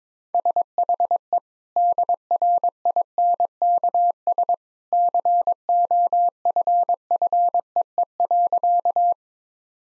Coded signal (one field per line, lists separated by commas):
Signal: Morse code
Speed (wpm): 22 wpm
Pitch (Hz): 700 Hz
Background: none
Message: SHE DRINKS COFFEE.